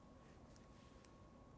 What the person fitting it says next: Yeah. Did you hear that click?